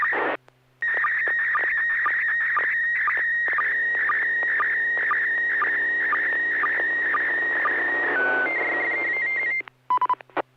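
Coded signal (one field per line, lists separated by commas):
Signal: SSTV (slow-scan television)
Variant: PD 120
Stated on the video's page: SSTV net on a 441.300 MHz FM repeater, with images sent using MMSSTV software.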